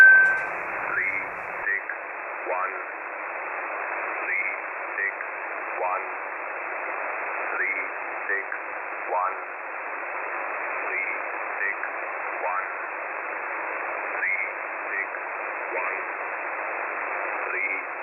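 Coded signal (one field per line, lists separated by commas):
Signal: numbers station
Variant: E07, English man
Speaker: I believe this particular signal the English man I think is called it yo 7 as the designator is coming somewhere out of Russia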